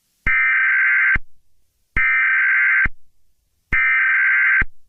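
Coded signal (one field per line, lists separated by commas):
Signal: Emergency Alert System (SAME) tones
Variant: header bursts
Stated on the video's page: Fictional EAS scenario based on the game Five Nights at Freddy's, not a real alert.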